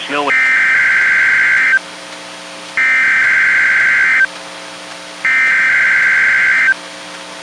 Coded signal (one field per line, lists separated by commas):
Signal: Emergency Alert System (SAME) tones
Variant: header bursts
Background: speech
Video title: EAS #720: NWR Required Weekly Test- Nov. 23, 2022- 12:00PM PST